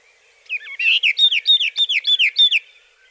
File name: Fauvette orphee